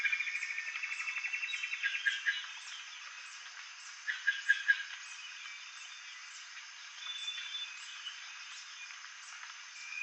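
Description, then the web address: Common paradise kingfisher calls: a quick pulsed trill at the start, then a few loud separate notes, against constant insect drone. Recorded in Indonesia. "ULM-DS-Lab indonesian-bird-sounds. Tanysiptera galatea"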